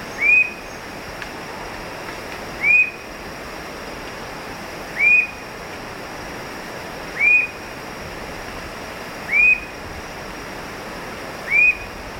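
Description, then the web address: Coppery-chested jacamar giving a sharp, upslurred whistle repeated about every two seconds, six times, over a steady background hiss. Recorded in Ecuador. "Birds of Ecuador. Coppery-chested Jacamar"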